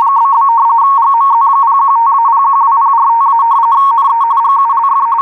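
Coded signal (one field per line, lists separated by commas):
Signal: RTTY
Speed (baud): 45.45 baud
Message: ?? GMZ015-012045- NE GULF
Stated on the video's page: WLO weather broadcast in RTTY on 8472 kHz USB, received in Tampa, Florida, on a Winradio Excalibur Pro.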